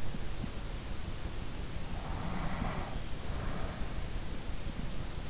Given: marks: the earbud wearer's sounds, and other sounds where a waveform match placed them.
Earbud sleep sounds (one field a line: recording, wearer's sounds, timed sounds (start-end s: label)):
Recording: sounds in sleep by an in-ear microphone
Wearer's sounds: breath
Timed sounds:
1.90-4.17 s: breath